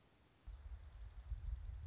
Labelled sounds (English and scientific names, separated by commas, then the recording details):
Dark-eyed Junco (Junco hyemalis)
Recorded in Sonoma County, California